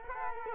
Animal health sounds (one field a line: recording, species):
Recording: mosquito wingbeat signal from an infrared sensor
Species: Culex quinquefasciatus